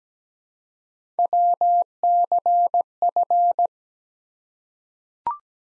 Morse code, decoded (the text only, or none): WCF